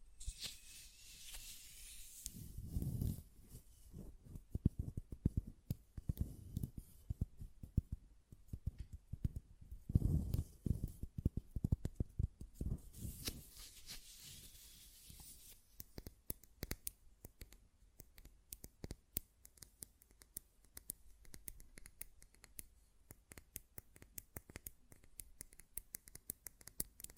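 Glass perfume bottle handled with dense clicks and scrapes, low thumps of the lid around 3, 10 and 13 seconds, then sparse taps.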